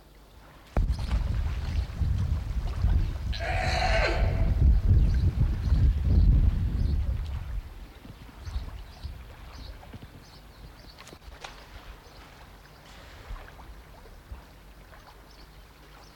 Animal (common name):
Brown Fur Seal